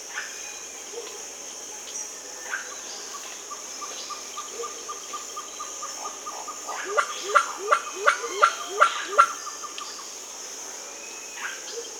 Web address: Natures Songs S America Birds of the Amazon Solitary Cacique (Cacicus solitarius), Peru